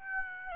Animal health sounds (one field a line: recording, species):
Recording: mosquito wingbeat signal from an infrared sensor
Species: Aedes aegypti